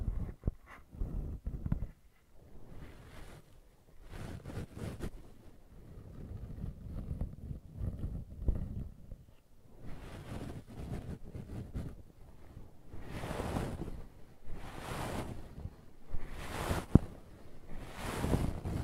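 Brushing and scratching with soft low rustling strokes, then brighter swishing sweeps repeating roughly every second or so near the end, plus a sharp click.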